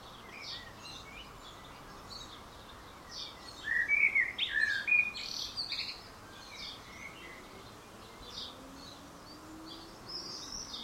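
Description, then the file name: Common blackbird giving one short mellow warbled phrase midway, surrounded by scattered high chirps from other small birds. "Turdus merula"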